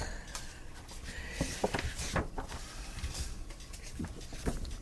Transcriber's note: pages turning sounds